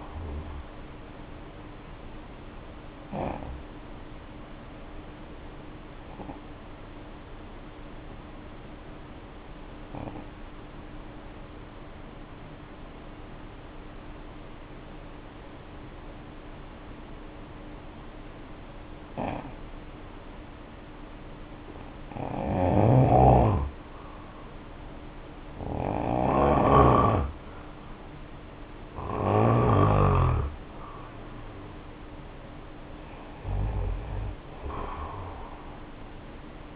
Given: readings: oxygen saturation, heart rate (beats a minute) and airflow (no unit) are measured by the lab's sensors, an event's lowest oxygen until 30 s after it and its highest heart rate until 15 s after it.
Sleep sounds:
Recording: breathing in sleep by a voice recorder at the bedside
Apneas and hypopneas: 1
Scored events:
3.00-25.70 s: hypopnea (N2, oxygen 91% highest, then 83% lowest, heart rate 72 at the start, 72 highest)
From the record:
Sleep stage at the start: N2 (light sleep)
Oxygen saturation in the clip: 76 to 92%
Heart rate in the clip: 53 to 74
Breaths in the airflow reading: 5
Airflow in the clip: -5.2 to 5.3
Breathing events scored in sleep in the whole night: 520 in 7.2 hours asleep

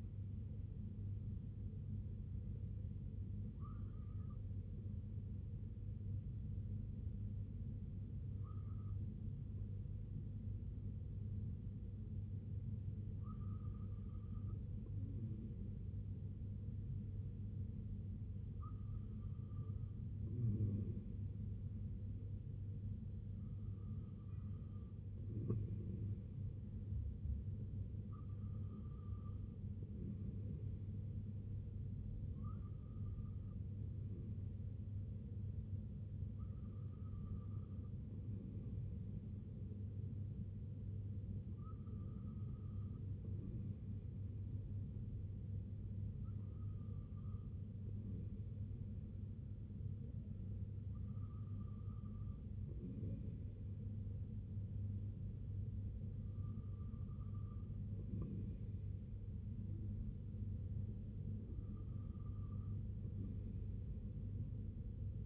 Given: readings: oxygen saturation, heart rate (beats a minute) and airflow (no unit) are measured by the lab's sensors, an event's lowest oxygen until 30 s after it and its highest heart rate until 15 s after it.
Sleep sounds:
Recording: breathing in sleep by a smartphone at the bedside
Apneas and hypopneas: 1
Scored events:
4.00-35.40 s: hypopnea (N2, oxygen 97% highest, then 94% lowest, heart rate 64 at the start, 69 highest)
From the record:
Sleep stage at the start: N2 (light sleep)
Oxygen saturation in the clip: 94 to 97%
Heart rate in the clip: 60 to 69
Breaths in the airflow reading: 13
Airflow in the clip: -5.0 to 2.9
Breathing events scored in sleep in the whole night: 258 in 7.4 hours asleep

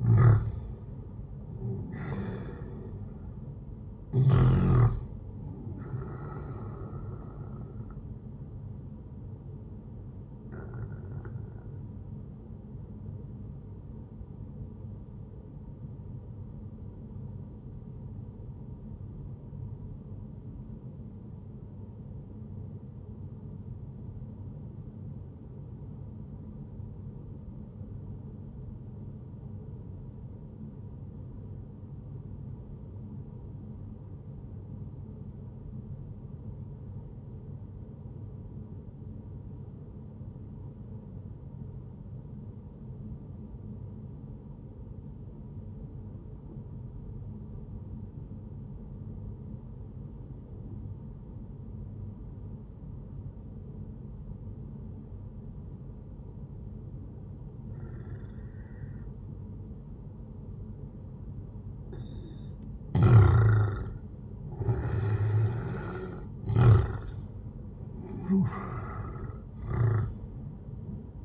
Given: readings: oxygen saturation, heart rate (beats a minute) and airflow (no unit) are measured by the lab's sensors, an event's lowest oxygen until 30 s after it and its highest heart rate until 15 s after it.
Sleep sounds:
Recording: breathing in sleep by a smartphone at the bedside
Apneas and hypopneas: 1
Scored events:
12.00-61.60 s: obstructive apnea (N1, oxygen 98% highest, then 92% lowest, heart rate 67 at the start, 79 highest)
26.00-56.00 s: new sleep stage, N2 (light sleep)
56.00-71.25 s: new sleep stage, awake
58.00-71.25 s: awake
From the record:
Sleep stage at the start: N1 (lightest sleep)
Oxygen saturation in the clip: 91 to 98%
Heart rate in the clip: 57 to 76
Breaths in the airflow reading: 5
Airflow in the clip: -10.6 to 14.4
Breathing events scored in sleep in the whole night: 131 in 7.2 hours asleep

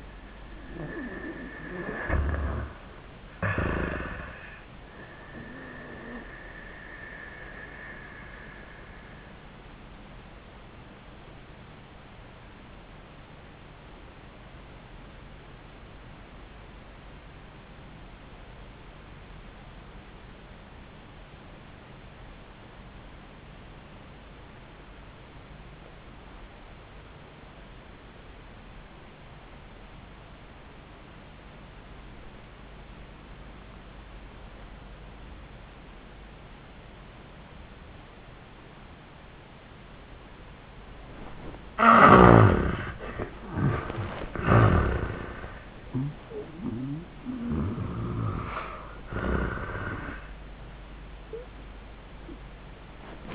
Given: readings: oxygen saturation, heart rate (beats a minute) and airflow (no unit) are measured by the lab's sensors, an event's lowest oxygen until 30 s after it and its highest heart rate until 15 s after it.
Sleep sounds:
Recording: breathing in sleep by a voice recorder at the bedside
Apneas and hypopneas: 1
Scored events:
9.00-42.40 s: obstructive apnea (N1, oxygen 97% highest, then 65% lowest, heart rate 91 at the start, 99 highest)
21.00-51.00 s: new sleep stage, REM sleep
51.00-53.35 s: new sleep stage, N1 (lightest sleep)
From the record:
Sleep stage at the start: N1 (lightest sleep)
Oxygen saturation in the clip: 62 to 97%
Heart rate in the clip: 69 to 99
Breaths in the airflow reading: 4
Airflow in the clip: -32.4 to 14.4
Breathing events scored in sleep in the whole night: 400 in 8.7 hours asleep

